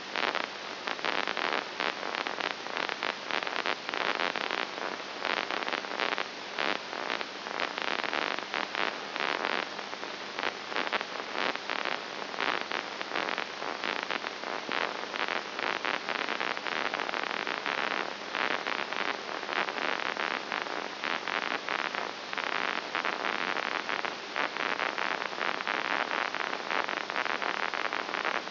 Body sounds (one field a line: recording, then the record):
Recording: brain microelectrode recording played as sound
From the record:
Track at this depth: inside the subthalamic nucleus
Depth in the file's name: 2.901 mm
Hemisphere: right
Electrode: 2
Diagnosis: Parkinson's disease